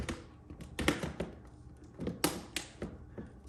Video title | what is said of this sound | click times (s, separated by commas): BEST shoe box on amazon EASY SETUP | Boom, you can hear it snap in. | 0.9 s, 2.2 s